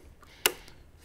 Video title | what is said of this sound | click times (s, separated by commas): Soundstream (HDHU.14si) Installation - 2014+ Harley-Davidson Street Glide/Electra Glide/Ultra | the rocker switch gets pulled to the top dead center position you hear it click into place | 0.5 s